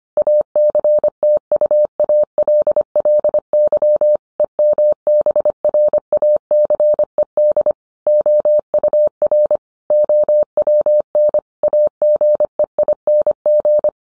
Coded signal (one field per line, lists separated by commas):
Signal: Morse code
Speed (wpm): 25 wpm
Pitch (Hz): 600 Hz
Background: none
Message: ACTUALLY EMBRACED OUR OWN AGEING